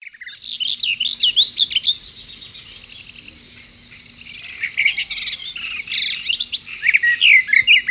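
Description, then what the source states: Birds singing in a busy mix of high, twittering and whistled phrases, with a quieter lull in the middle before the chorus picks up again. At a brook.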